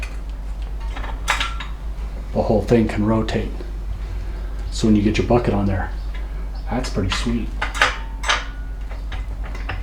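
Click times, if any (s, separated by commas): 7.8 s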